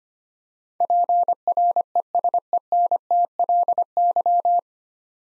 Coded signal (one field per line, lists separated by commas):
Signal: Morse code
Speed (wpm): 25 wpm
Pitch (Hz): 700 Hz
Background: none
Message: PRESENTLY